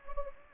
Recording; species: mosquito wingbeat signal from an infrared sensor; Anopheles gambiae